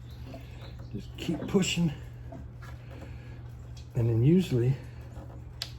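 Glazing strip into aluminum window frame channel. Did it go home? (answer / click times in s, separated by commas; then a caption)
yes / 5.6 s. A rubber/vinyl glazing strip is pushed by thumb along the aluminum window frame of a 1964 Airstream Globetrotter travel trailer while someone talks. Its end snaps into the frame channel with a sharp click at 5.6 s, and the strip is seated.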